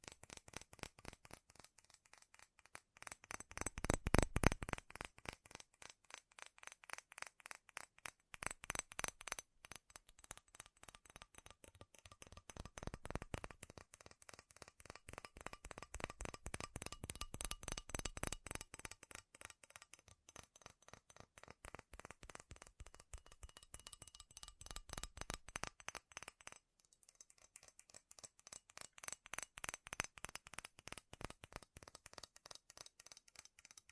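Fast, furious tapping on metal, a dense stream of sharp, bright clicks packed closely together for the whole stretch. The rapid rhythm surges and eases in waves, growing loudest around the four-second mark, with brief thinner gaps near ten and twenty-seven seconds.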